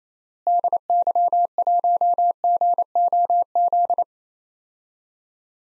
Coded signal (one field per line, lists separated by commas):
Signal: Morse code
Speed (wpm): 27 wpm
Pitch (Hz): 700 Hz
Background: none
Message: DY1GOZ